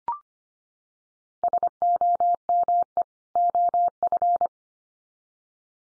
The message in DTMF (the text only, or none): none